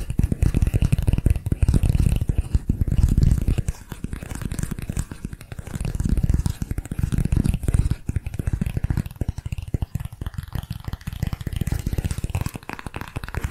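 Rapid, dense tapping and scratching triggers run without pause, a crackly, papery patter of quick strikes. Deeper, fuller swells come and go, strongest around two to three seconds and again near six to seven, while quieter stretches fall in between.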